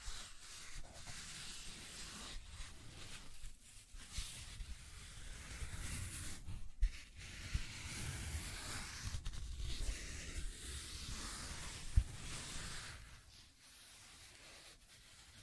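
Scratching and tracing sounds: a dry, hissing rub that runs in uneven strokes, with short breaks near 1, 2.5, 3.5, 7 and 9 seconds. A sharp tap lands around 12 seconds, and the rubbing fades to a quiet hush after 13 seconds.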